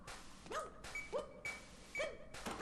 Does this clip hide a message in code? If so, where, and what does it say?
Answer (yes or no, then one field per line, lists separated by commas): no